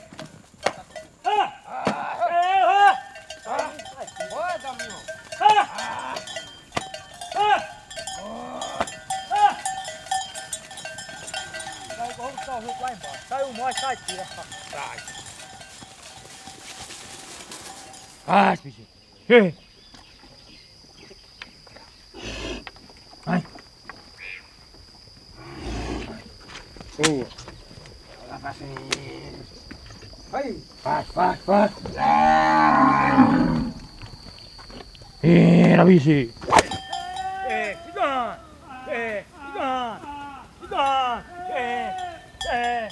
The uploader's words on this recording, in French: Dialogue des vaches et des hommes. Dans le Nordeste du Brésil, des vachers rassemblent leur troupeau avec des cris étranges et profonds. Un échange vocal entre l'homme et l'animal à l'heure de la traite.